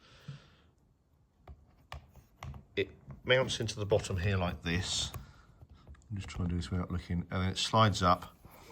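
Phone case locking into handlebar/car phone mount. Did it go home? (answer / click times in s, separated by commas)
no / none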